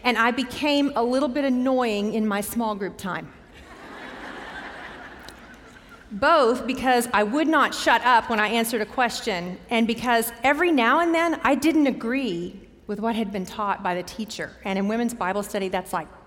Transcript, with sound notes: And I became a little bit annoying in my small group time, [laughter] both because I would not shut up when I answered a question and because every now and then I didn't agree with what had been taught by the teacher—and in women's Bible study that's like,